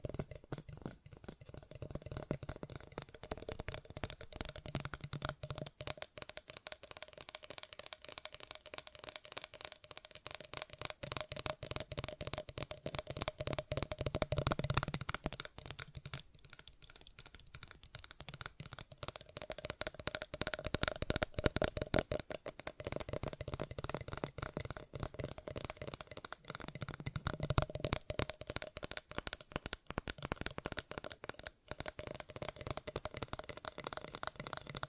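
Fast ASMR tapping runs the whole way through, a dense stream of quick, crisp clicks with no real pauses. The tapping swells louder around the middle and again near twenty seconds, thins briefly after fifteen seconds, and a faint low hum sits underneath.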